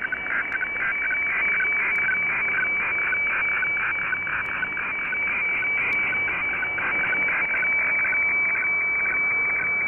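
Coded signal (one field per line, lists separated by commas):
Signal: weather fax (radiofax)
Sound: steady high whistle broken by rapid scratchy warbling chirps, like a scanning printer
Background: radio static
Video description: Decoded weather radiofax broadcasted from Kyodo News Agency in Japan.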